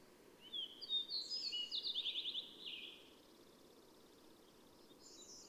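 Bird song: a high, fast phrase of twittering notes and a rapid trill lasting about two seconds, then a faint high note, over steady background hiss.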